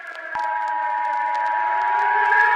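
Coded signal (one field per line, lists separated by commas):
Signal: Emergency Alert System (SAME) tones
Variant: 853 and 960 Hz attention tone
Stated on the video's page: Fictional EAS scenario, not a real alert.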